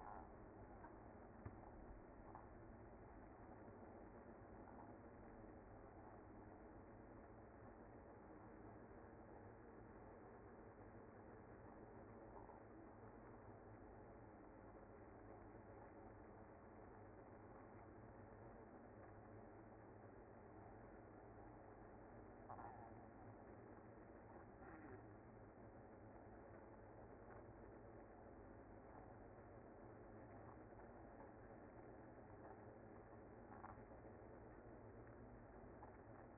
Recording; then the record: honeybee colony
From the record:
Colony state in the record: active